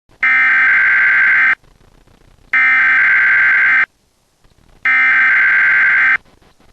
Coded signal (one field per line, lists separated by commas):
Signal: Emergency Alert System (SAME) tones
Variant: header bursts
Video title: Emergency Alert System Test